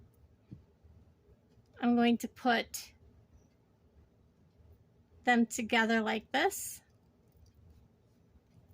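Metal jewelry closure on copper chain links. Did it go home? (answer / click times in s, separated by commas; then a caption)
no / none. Chain pieces of a copper linked chain necklace are held together and lined up before the metal jewelry closure is closed, while someone talks in two short bursts over a quiet background. Nothing has clicked or closed yet.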